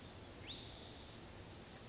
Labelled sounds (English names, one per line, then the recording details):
Spotted Towhee
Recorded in Sonoma County, California